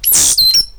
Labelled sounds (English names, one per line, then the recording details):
Stitchbird song
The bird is a male
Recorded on Tiritiri Matangi Island, New Zealand, in 2005
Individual 8, of nest box 10